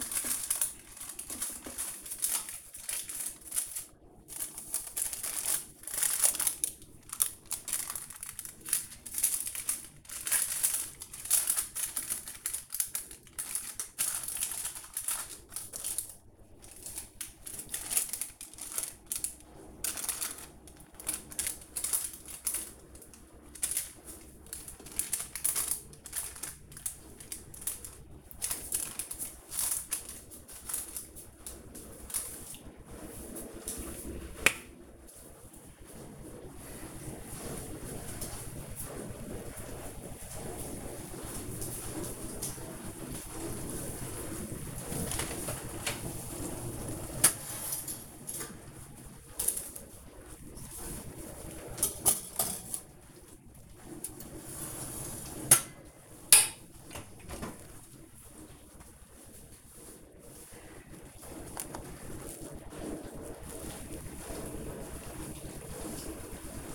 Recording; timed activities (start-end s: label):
household activities, microphone on the right wrist
0.00-66.74 s: baking